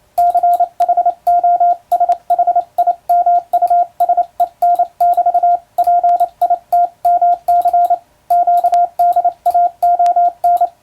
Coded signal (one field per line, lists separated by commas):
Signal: Morse code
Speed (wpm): 28 wpm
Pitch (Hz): 700 Hz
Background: radio noise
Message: CHOSHI MUSEN <BT> PITMC QDAON